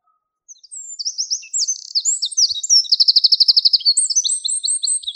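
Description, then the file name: Eurasian wren singing a long, energetic outpouring of piercing high notes, warbled phrases and a rapid mechanical trill near the middle, delivered without pause in a quiet setting. "krapivnik"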